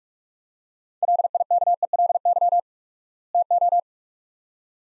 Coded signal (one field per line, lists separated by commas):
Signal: Morse code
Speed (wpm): 44 wpm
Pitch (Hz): 700 Hz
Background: none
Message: LIKELY TO